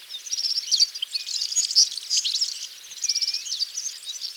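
European serin singing a continuous, rapid, glassy jingle of high squeaky notes with a few thin rising whistles mixed in.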